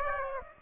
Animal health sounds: mosquito wingbeat signal from an infrared sensor; Aedes aegypti

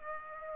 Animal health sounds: mosquito wingbeat signal from an infrared sensor; Aedes aegypti

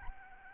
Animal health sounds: mosquito wingbeat signal from an infrared sensor; Aedes albopictus

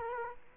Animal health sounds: mosquito wingbeat signal from an infrared sensor; Culex quinquefasciatus

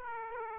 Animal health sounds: mosquito wingbeat signal from an infrared sensor; Aedes aegypti

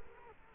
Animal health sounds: mosquito wingbeat signal from an infrared sensor; Culex quinquefasciatus

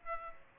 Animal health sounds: mosquito wingbeat signal from an infrared sensor; Aedes aegypti

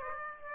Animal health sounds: mosquito wingbeat signal from an infrared sensor; Aedes aegypti

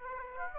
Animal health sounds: mosquito wingbeat signal from an infrared sensor; Aedes aegypti

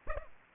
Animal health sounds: mosquito wingbeat signal from an infrared sensor; Aedes aegypti

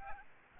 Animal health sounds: mosquito wingbeat signal from an infrared sensor; Aedes albopictus

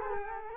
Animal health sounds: mosquito wingbeat signal from an infrared sensor; Culex quinquefasciatus

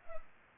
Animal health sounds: mosquito wingbeat signal from an infrared sensor; Culex pipiens

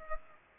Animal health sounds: mosquito wingbeat signal from an infrared sensor; Culex pipiens

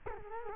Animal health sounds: mosquito wingbeat signal from an infrared sensor; Culex quinquefasciatus

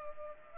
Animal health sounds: mosquito wingbeat signal from an infrared sensor; Culex pipiens

